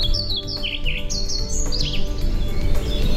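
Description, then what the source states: European pied flycatcher song: short, quick high chirping notes in varied bursts, some dipping and rising, over a steady low rumble. Played on radio; rarer to hear and among the endangered species; one of five Bird of the Year candidates.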